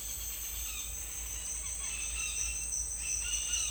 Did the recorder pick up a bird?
yes